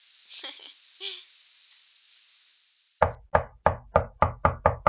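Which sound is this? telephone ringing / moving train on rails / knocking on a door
knocking on a door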